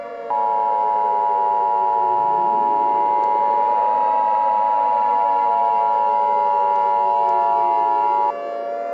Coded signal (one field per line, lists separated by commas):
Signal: Emergency Alert System (SAME) tones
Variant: 853 and 960 Hz attention tone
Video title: EAS Scenario 24: Korean attack Minneapolis